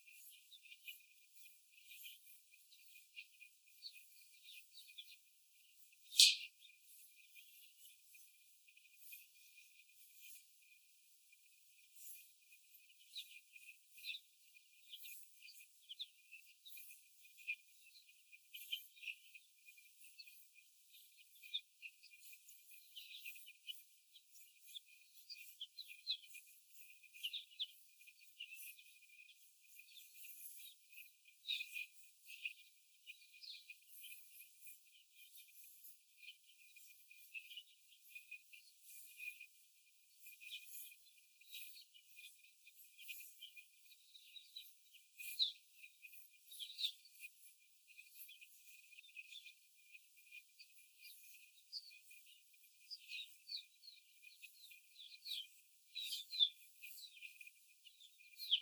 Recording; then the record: young laying hens in a cage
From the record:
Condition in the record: before the stressor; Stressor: simulated dog barking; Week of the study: 4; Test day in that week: 1